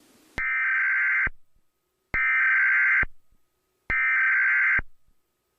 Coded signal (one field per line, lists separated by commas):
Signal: Emergency Alert System (SAME) tones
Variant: header bursts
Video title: ThisIsNotATest EAS and EBS Mock Videos - Season 3